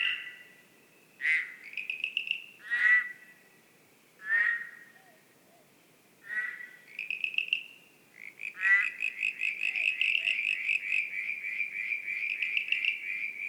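Frog giving separate rasping, pulsed croaks a second or two apart, then breaking into a long continuous trill near the end.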